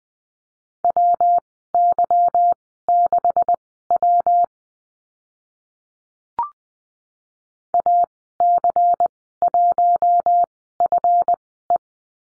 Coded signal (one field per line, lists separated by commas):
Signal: Morse code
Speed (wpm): 20 wpm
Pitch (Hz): 700 Hz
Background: none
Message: WY6W AC1FE